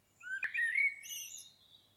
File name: Turdus merula